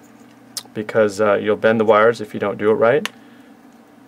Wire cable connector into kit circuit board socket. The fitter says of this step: and you just hear it snap if you look here just see all the wires came through